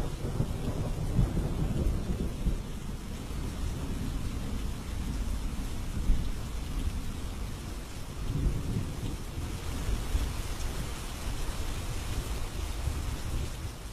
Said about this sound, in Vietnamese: Trên bầu trời, mưa gió vẫn cứ ầm ầm trút xuống.